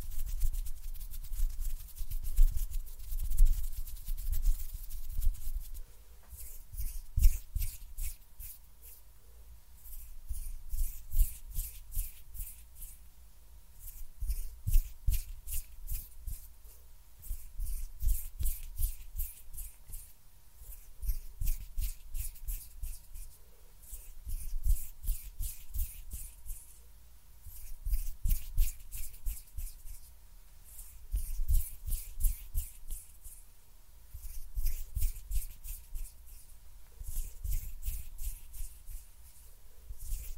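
Hand sounds and finger fluttering very close, made of quick crackly taps and rubs that come in bursts about every five seconds. Each burst swells and fades, with brief quieter gaps between. A faint steady whine and a low rumble sit underneath throughout.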